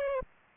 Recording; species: mosquito wingbeat signal from an infrared sensor; Aedes aegypti